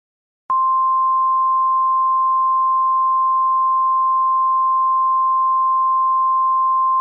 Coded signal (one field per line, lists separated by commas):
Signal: Emergency Alert System (SAME) tones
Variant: 1050 Hz attention tone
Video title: EAS Scenario #28 Invasion of The Ghost Types